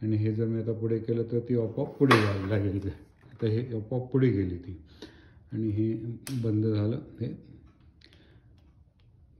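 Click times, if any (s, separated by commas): 8.0 s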